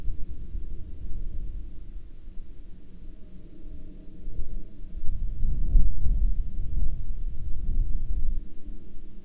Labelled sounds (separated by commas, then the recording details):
wind, insects
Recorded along the Dalton Highway, Alaska, on 4 May 2019 at 19:14
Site 07